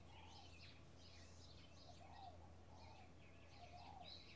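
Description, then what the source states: Birds in a mixed chorus, with bursts of high twittering chirps and several lower warbled phrases, over a steady low hum. Bird ambience in a field in the early morning with a slight breeze.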